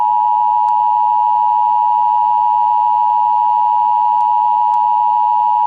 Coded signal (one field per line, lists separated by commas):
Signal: Emergency Alert System (SAME) tones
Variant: 853 and 960 Hz attention tone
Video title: EAS interrupts It's Aumsum Time! - Earthquake Warning